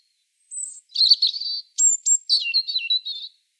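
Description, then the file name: European robin song: a thin high whistle, then tumbling warbled trills and sweet twittering notes in quick bursts, against a silent background. "Erithacus rubecula"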